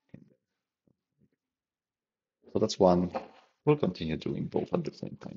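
A large 3D-printed plastic bearing is pressed against the table into a printed half-shaft housing for a Tatra axle and differential, giving a short, quiet click at 0.1 s as it snaps flush and goes all the way in. A couple of faint taps follow, then someone talks.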